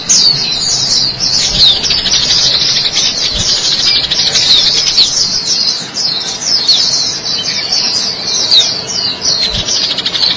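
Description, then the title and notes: White-eye song as a long, busy sequence of thin, high twittering phrases, steady and continuous. White-eye chirping song. "Kicauan Burung Pleci Durasi Panjang. Suara kicauan burung pleci"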